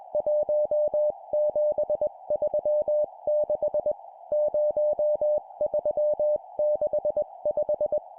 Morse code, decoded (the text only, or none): 1736 0365